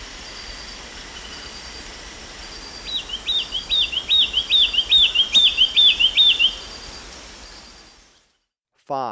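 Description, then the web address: Olivaceous greenlet singing a rapid run of many sharp, slurred notes, then quiet. Recorded in Ecuador. "Birds of Ecuador. Olivaceous Greenlet"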